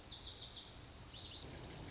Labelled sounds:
Lazuli Bunting (Passerina amoena)
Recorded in Sonoma County, California

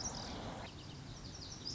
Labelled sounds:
Lazuli Bunting (Passerina amoena)
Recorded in Sonoma County, California

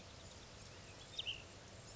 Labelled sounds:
Ash-throated Flycatcher (Myiarchus cinerascens)
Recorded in Sonoma County, California

